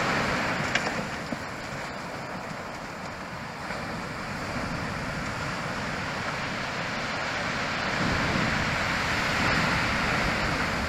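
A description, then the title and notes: Waves beat hard on the beach in a steady, dense roar that fills the lows and highs alike. The surge swells slightly around eight seconds and again near the end, with a few faint clicks and a soft wind rumble underneath. At a beautiful sunset you walk along a beach. The waves are beating hard on the beach. Big waves crashing.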